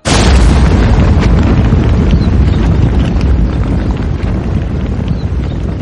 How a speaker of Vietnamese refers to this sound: cùng với một tiếng sấm nổ, cơn mưa này bỗng chốc trở nên xối xả.